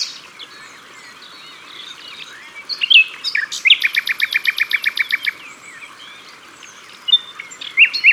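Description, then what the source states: Common nightingale song: sharp opening notes, then a rapid burst of many repeated ringing strokes, with other birds faint in the background. Recorded at the water's edge.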